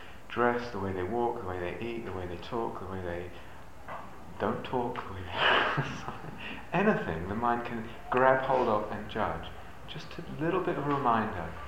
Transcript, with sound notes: dress, the way they walk, the way they eat, the way they talk, the way they don't talk. [laughs] Anything, the mind can grab hold of and judge. Just a little bit of a reminder: